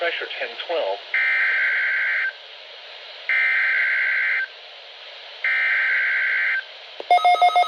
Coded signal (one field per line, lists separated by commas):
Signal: Emergency Alert System (SAME) tones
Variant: header bursts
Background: speech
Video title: (!EAS 300!) Tests & Weather Alerts from 9/15/2021 (EAS 282-302